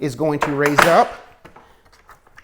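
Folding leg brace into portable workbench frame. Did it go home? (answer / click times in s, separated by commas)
yes / 2.4 s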